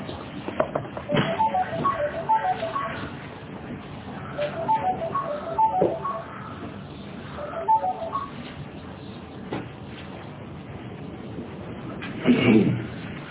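A phone ringtone chirps in short, bright melodic bursts, repeating about three times a few seconds apart over a low, murmuring background.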